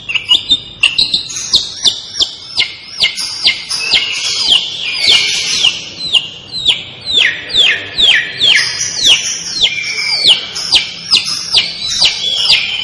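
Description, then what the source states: Long-tailed shrike song of repeated sharp down-slurred whistles in long fast runs, with a few scratchier notes mixed in. Indonesian local name cendet; described as gacor, singing vigorously and continuously.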